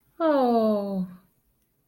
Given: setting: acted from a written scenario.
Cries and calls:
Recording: vocal sound without words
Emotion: sympathy

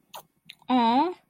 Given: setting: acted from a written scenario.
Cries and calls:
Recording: vocal sound without words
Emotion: awe

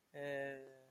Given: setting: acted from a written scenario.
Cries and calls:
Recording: vocal sound without words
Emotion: shame

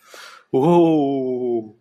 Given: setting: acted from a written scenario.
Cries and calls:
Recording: vocal sound without words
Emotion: elation

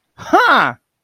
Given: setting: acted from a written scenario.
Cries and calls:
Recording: vocal sound without words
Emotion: triumph

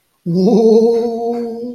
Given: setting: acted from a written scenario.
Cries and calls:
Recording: vocal sound without words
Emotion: awe

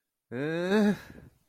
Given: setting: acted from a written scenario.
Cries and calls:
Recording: vocal sound without words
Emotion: guilt

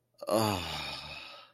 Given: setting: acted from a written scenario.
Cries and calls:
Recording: vocal sound without words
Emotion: contentment

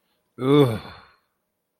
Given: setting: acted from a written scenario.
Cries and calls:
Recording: vocal sound without words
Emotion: embarrassment

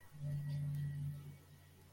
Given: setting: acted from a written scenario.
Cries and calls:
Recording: vocal sound without words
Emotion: pride

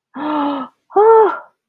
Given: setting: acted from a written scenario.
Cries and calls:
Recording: vocal sound without words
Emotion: positive surprise

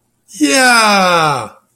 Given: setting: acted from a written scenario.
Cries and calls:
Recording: vocal sound without words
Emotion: triumph

